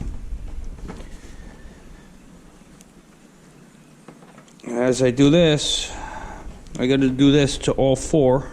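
A plastic fender flare clip is pressed into the vehicle's wheel-arch body while the adhesive tape backing is peeled back, with a low rumble in the background. It clicks in and seats at 2.8 s, followed by a few small knocks before someone talks.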